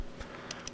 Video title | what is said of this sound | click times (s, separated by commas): AERONET Cimel TS Setup | align the notches and rotate the barrel connector until it clicks | 0.5 s, 0.7 s